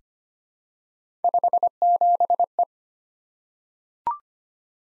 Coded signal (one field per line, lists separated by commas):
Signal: Morse code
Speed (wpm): 25 wpm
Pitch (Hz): 700 Hz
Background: none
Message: 57E